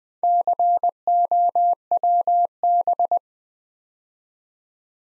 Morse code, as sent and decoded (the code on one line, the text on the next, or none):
-.-. --- .-- -...
COWB